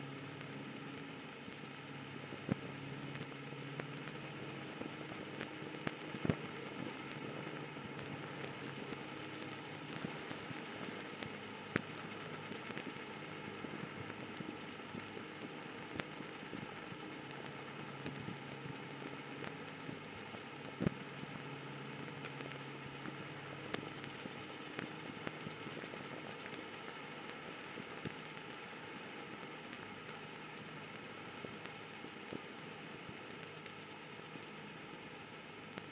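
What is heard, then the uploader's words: Vinyl static crackles steadily throughout, a dense hiss with scattered louder pops, the sharpest near 6 and 21 seconds. Beneath it, soft ambient music holds low sustained tones in the bass and middle that shift slowly without any clear beat. Calming Music with Vinyl Static Sounds. A vinyl static white noise with light ambient music underneath.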